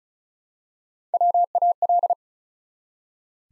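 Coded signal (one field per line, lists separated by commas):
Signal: Morse code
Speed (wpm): 36 wpm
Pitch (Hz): 700 Hz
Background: none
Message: WAL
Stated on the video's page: Morse code practice at 35 wpm: 4-letter words built up one letter at a time, for instant character recognition training.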